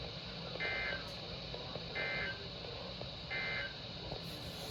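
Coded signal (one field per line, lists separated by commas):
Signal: Emergency Alert System (SAME) tones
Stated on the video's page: Severe thunderstorm warning received over a NOAA weather radio station.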